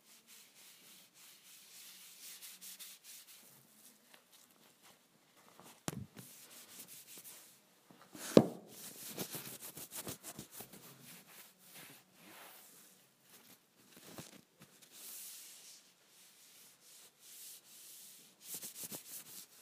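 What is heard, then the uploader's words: A wipe is rubbed across a counter in short, uneven strokes, a soft scratchy swishing that comes and goes throughout. The rubbing is fairly quiet, with a sharper bump or knock around eight seconds and busier scrubbing near the end. ASMR Cleaning the Counter with a Wipe.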